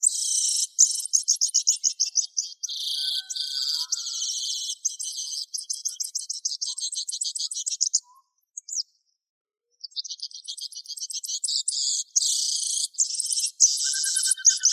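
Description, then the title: Bird song, a fast high-pitched run of varied trills and buzzy chatter with a brief pause midway, then a resumed stream of rapid notes. "LuckyPassaros CompletosSama"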